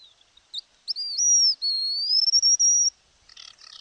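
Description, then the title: White-naped xenopsaris calling, high thin whistled notes over about two seconds, followed by a brief buzzy burst. Nominate subspecies albinucha. "LuckyPassaro Completos2Sama. White-naped Xenopsaris (Xenopsaris albinucha albinucha)"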